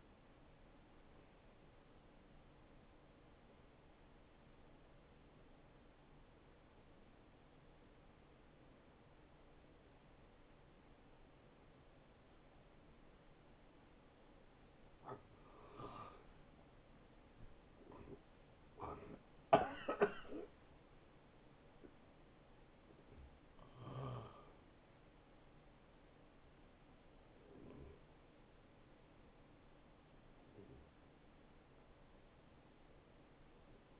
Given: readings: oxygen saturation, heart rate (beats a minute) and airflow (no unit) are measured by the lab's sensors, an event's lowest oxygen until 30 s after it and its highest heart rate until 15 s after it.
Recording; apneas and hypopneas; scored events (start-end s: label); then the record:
a person awake in a sleep study, by a voice recorder at the bedside; 1
0.00-25.00 s: awake
7.00-20.40 s: hypopnea (scored as awake, oxygen 89% highest, then 89% lowest, heart rate 74 at the start, 82 highest)
20.00-34.00 s: new sleep stage, N1 (lightest sleep)
From the record:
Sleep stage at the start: awake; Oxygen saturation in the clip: 85 to 94%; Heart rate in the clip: 66 to 82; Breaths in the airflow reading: 7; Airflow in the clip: -6.8 to 6.4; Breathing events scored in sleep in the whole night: 263 in 5.5 hours asleep